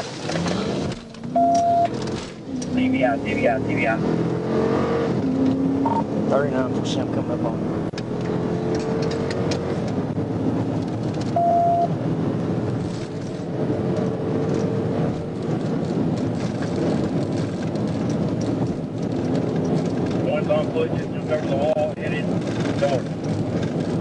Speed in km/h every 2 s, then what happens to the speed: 60, 87, 108, 127, 142, 155, 164, 171, 169, 174, 174, 163.
0-20 speeds up to 174. 20-24 brakes to 163.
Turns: none.